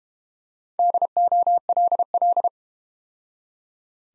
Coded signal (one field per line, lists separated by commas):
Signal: Morse code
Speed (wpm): 32 wpm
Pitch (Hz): 700 Hz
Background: none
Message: DOLL